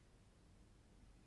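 The hinged plastic lid of a wireless earbud charging case is handled as it is about to close onto the case body and snap shut magnetically. Only a steady, low background hiss is heard, with no sharp sounds. The lid has not clicked shut yet.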